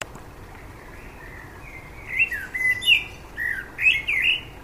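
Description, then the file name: Common blackbird song: after a quiet start, a series of rich fluted whistles. "Turdus merula"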